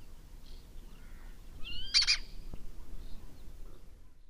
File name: feherkarmu vercse hangja